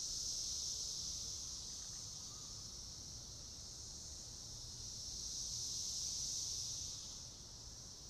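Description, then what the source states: Periodical cicadas giving a high, rasping chorus that swells and fades in slow waves. Brood X periodical cicadas during 17-year emergence; described as sounding alien; sounds said to differ by time of day.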